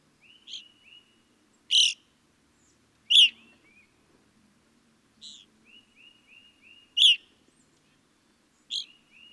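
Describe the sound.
Evening grosbeak: loud ringing call notes every one to two seconds, each often followed by a short series of soft whistled notes.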